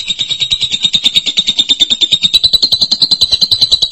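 Lovebird song: continuous fast buzzy high-pitched chattering trill, pulsing several times a second, slightly rising toward the end.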